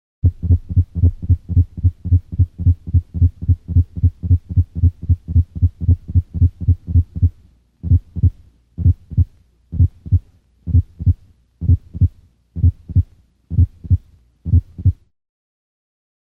Simulated paroxysmal atrial tachycardia. Atrial tachycardia usually does not have split heart sounds and sometimes can be terminated with vagal maneuvers.